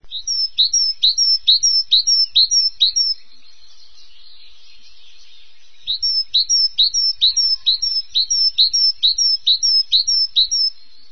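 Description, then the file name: Great tit singing a rapid two-note 'teacher-teacher' phrase repeated several times, a pause of about three seconds, then a longer run of the same bright, see-sawing notes. "koolmees"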